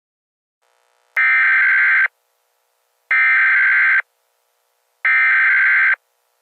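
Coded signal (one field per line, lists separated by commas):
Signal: Emergency Alert System (SAME) tones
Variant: header bursts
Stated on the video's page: Fictional Godzilla EAS scenario, not a real alert.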